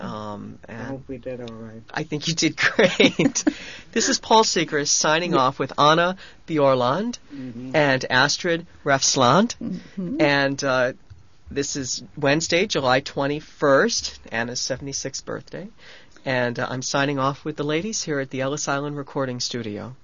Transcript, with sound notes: I hope we did all right.
I think you did great. ( he laughs ) This is Paul Sigrist signing off with Anna Bjorland and Astrid Refsland, and this is Wednesday, July 21st, Anna's seventy-sixth birthday, and I'm signing off with the ladies here at the Ellis Island Recording Studio.